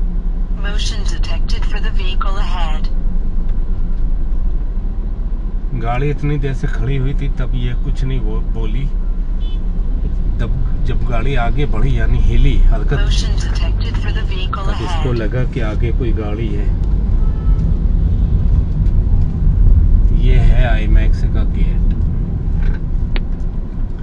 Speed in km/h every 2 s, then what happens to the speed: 0, 3, 0, 0, 0, 1, 8, 10, 17, 19, 19, 9.
4-10 standing. 10-18 pulls away to 19. 20-22 brakes to 9.